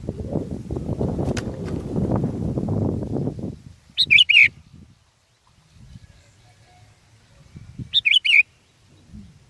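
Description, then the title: Sooty-headed bulbul giving two short, bright phrases of three or four notes four seconds apart, after a stretch of loud low rumbling noise. "kutilang"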